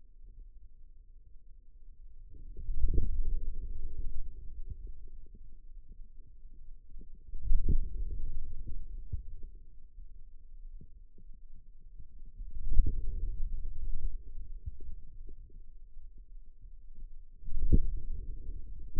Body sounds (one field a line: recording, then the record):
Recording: forearm muscle sounds (acoustic myography)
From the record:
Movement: inward rotation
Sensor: system 2, bracelet of six BSWA MPA416 microphones around the upper forearm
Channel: 3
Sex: male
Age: 22 years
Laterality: right